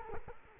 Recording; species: mosquito wingbeat signal from an infrared sensor; Culex quinquefasciatus